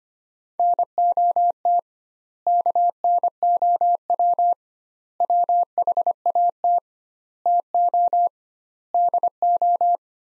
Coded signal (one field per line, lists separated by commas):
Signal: Morse code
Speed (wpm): 25 wpm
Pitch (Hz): 700 Hz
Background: none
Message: NOT KNOW WHAT TO DO